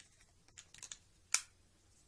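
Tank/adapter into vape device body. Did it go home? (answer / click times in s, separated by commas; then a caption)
yes / 1.3 s. After the adapter is screwed on, the tank and adapter assembly is fitted into the small vape device body. A few light handling clicks are heard, then one sharp snap at 1.3 s. The tank pops into place and is seated.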